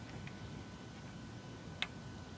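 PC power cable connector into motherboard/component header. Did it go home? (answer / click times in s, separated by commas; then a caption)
yes / 1.8 s. A power cable connector is pushed into its socket, a motherboard or component header, on a mini-ITX PC build, over a steady low background hiss with a faint tick at 0.3 s. The connector's plastic latch gives one sharp, short click at 1.8 s, and the connector is seated.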